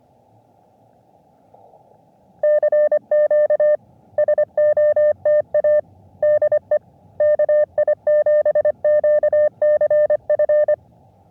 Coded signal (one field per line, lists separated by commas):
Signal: Morse code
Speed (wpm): 24 wpm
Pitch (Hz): 600 Hz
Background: none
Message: CQ SOTA DE KI7QCF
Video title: CW Paddle Giveaway | Back at 1st SOTA